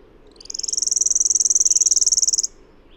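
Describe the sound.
Bird giving a single sharp, fast-pulsed high trill that swells briefly then holds level for roughly two seconds and cuts off.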